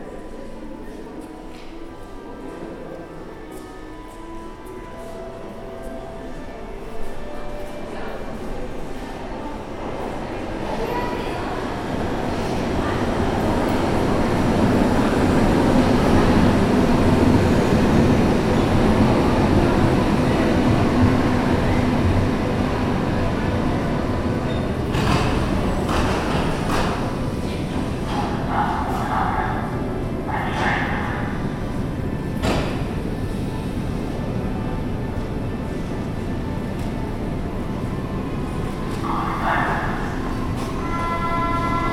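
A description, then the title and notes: Commuters murmur under a vaulted ceiling, a dense, steady wash of voices that swells into a low rumble around the middle, like a train passing. Later, scattered brighter clatters and short tonal bursts cut through the crowd noise. U-Bhf Heidelberger Platz. Vaulted ceilings filled with impressive accordion playing and the light murmuring of waiting commuters on their way to work or school.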